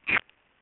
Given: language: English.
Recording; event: throat vibration sensor signal played as sound; swallow